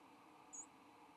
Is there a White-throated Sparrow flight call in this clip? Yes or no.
no